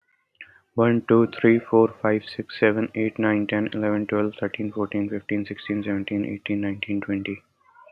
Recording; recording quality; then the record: counting at a fast pace; excellent, no background noise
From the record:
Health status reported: healthy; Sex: male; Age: 25 years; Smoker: yes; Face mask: not worn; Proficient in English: yes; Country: India